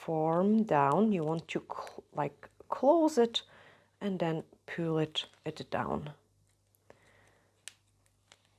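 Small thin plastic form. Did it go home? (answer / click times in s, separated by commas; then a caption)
released / 7.7 s. Someone talks, then a stiletto nail form is closed, pulled down and snapped off a cured, hardened sculpted gel nail extension. A few faint ticks follow, and a sharp click at 7.7 s marks the form releasing from the gel nail.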